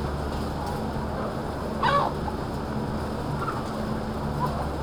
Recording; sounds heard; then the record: poultry house recording; sick chickens (respiratory disease)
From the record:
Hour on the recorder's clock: 19